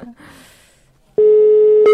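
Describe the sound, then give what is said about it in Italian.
After about a second of faint hiss, a loud, steady single-pitched telephone ringing tone of an outgoing call to a guest sounds continuously to the end, with a brief click near its close. “Non so, sta squillando, credo, spero.”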